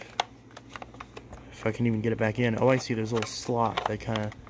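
A small plastic crevice tool is handled as it is being fitted back into its storage slot on a vacuum, with a series of light taps and knocks in the first second before someone talks. Nothing has seated or clicked yet; the tool has not gone home by the end of the clip.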